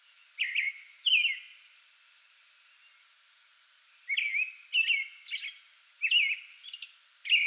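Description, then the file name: American robin song: two whistled caroling phrases, a pause, then a quick run of further warbled phrases with high squeaks. Singing before dawn from a small tree in a front yard, recorded 8 May 2022. "2022-05-08 American Robin pre-dawn singing from small tree in front yard"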